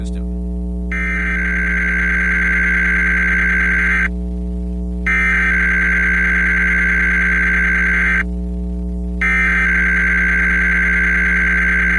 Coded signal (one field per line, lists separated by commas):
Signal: Emergency Alert System (SAME) tones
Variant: header bursts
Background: speech